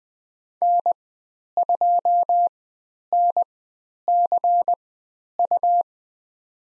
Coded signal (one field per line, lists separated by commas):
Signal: Morse code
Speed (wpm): 20 wpm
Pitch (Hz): 700 Hz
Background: none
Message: N2NCU